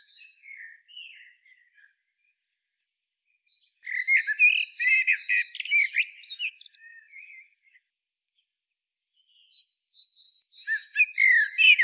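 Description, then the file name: Common blackbird singing: a low fluted warble followed by squeaky high twittering, then another phrase begins after a pause; faint thin notes early on. "Turdus merula"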